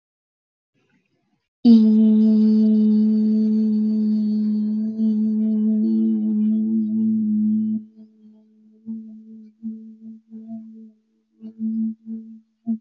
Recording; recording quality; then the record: sustained vowel as in beet; excellent, no background noise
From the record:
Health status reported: healthy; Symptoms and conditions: none ticked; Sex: female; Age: 22 years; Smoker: not ticked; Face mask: not worn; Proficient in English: yes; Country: India